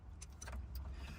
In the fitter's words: You should hear it all click in.